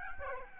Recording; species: mosquito wingbeat signal from an infrared sensor; Aedes albopictus